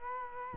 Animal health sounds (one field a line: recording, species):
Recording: mosquito wingbeat signal from an infrared sensor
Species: Culex quinquefasciatus